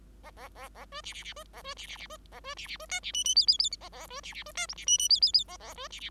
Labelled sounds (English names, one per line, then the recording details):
Bengalese Finch song
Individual Bird5